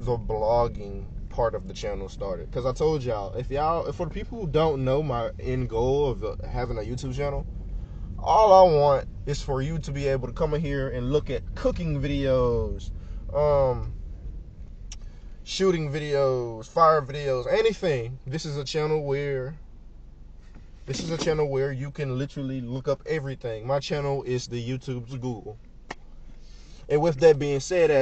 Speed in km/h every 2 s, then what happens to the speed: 16, 10, 8, 10, 10, 8, 6, 2, 0, 0, 0, 0, 0, 0.
0-3 slows to 8. 3-9 steady at about 10. 9-14 slows to 2. 14-28 standing.